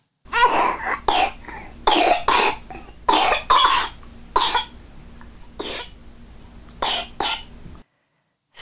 A bronchiolitis cough. The cough is persistent and dry. It can sometimes be so deep in their chest and so irritating that it can almost sound like there's mucus down there.